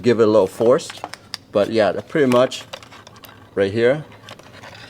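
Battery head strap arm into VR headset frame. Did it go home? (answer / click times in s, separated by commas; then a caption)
yes / 4.3 s. Someone talks while the plastic arm of a SUPAVR 8000mAh battery head strap is pushed with some force into the frame of a Meta Quest 2 VR headset. The arm pops into place with a sharp click at 4.3 s, followed by a fainter click at 4.4 s, and the strap is seated.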